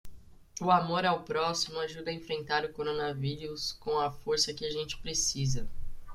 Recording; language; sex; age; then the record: spoken sentence; Brazilian Portuguese; female; 30 to 39 years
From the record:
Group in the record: control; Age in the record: 32 years